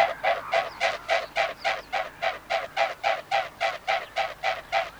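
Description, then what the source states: Mute Swan in flight, loud regular throbbing wing pulses, roughly three and a half per second, evenly spaced throughout. Field recording.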